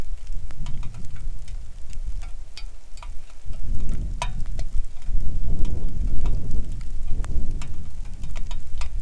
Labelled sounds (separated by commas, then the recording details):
wind, rain
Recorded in the Arctic National Wildlife Refuge, Alaska, on 3 August 2019 at 10:10
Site 41